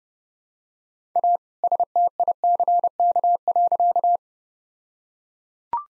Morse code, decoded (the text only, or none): A STICK.